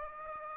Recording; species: mosquito wingbeat signal from an infrared sensor; Aedes aegypti